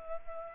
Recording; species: mosquito wingbeat signal from an infrared sensor; Culex pipiens